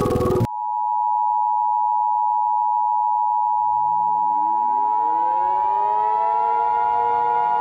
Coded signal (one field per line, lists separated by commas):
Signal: Emergency Alert System (SAME) tones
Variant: 853 and 960 Hz attention tone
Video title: eas scenario 5: Zombie